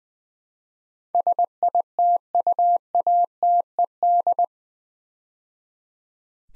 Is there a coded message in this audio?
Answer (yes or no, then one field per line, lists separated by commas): yes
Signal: Morse code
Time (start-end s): 1.1-4.5 s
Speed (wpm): 20 wpm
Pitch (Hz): 700 Hz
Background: none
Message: SITUATED